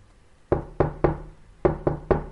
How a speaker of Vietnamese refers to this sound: Tiếng gõ cửa vang lên mấy lần.